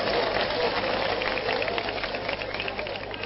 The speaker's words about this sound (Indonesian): Korupsi, Indonesia juara. Tepuk tangan untuk Indonesia.